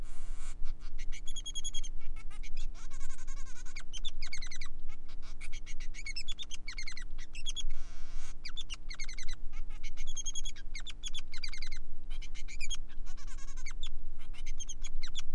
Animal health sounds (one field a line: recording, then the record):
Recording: song of a male Bengalese finch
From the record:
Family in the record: son of father 3